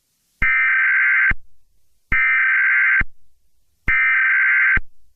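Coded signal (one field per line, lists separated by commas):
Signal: Emergency Alert System (SAME) tones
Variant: header bursts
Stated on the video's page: Fictional EAS alarms.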